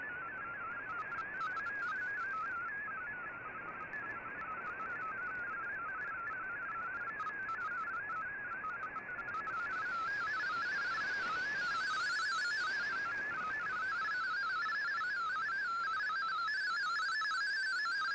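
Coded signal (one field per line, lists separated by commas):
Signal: multi-tone FSK (Olivia or MFSK type)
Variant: MFSK32 or MFSK64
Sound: continuous fast warbling tone jumping between many pitches, like a rapid burbling whistle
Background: radio static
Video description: Here is my decode of the Shortwave Radiogram broadcast today on 15770Khz shortwave radio at 1300UTC in MFSK32 and 64 with 10 SSTV images.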